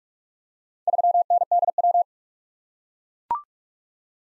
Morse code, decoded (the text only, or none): 3NDW